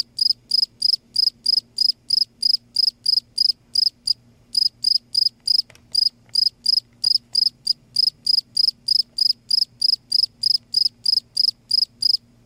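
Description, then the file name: Cricket calling with rapid high chirps about three per second, steady apart from a couple of short gaps, with a low background hum. "cricket insect sound silence"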